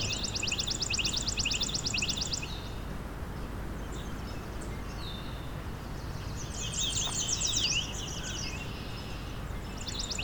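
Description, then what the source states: Chipping Sparrow song, a dry, even trill of rapid chips lasting about two seconds and starting again near the end; a sweeter, varied warbling song comes in between over steady background noise. Recorded in spring at the very end of the migration season, at an important migration flyway; a yellow warbler also sings.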